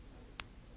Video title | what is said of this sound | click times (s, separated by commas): TWSBI 580 Disassembly | there it just clicked again and now it's going to go in a little bit further | 0.4 s